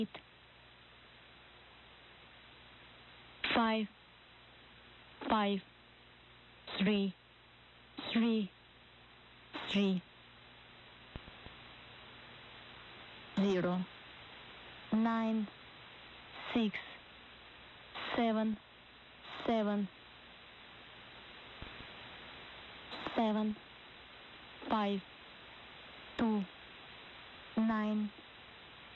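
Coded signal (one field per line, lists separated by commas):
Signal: numbers station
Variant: English-language digits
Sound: a voice reading single digits at a steady pace, about fourteen words, over radio hiss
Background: radio static, low hum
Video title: Numbers Station 17790 kHz via WRMI is Call of Duty Game easter egg special transmission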